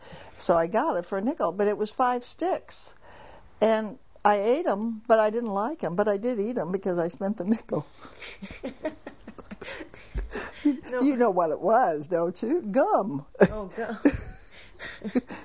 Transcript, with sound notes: So I got it for a nickel, but it was five sticks, and I ate them, but I didn't like them, but I did eat them, because I spent the nickel. ( she laughs ) You know what it was, don't you? Gum. Oh, gum.